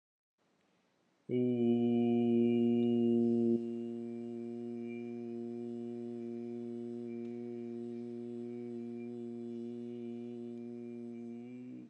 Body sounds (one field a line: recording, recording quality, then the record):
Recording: sustained vowel as in boot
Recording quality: excellent, no background noise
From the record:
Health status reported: healthy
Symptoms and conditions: none ticked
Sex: male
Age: 42 years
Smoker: yes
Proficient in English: yes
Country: India